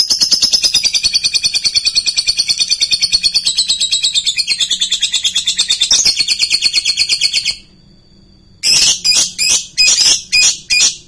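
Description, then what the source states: Lovebird giving a long, rapid, shrill chattering trill for about seven seconds, then a brief pause and a burst of harsh, clipped screeches. Song style called konslet.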